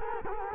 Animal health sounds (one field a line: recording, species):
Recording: mosquito wingbeat signal from an infrared sensor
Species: Culex quinquefasciatus